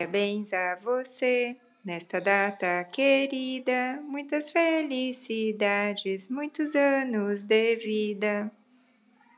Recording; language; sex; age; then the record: short text; Brazilian Portuguese; female; 40 to 49 years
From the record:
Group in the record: control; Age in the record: 48 years